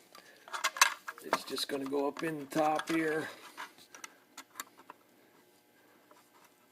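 A clear plastic windshield piece for a snap-together model truck is handled and positioned up into the top of the cab, giving a series of light plastic clicks and taps while someone talks. The clip ends before the windshield goes home, so nothing has seated or clicked into place yet.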